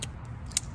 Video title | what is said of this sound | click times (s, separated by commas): Today, we review the Benchmade Vector (946) and I welcome Sonny to the channel. | can still kind of hear it that that first little click | 0.6 s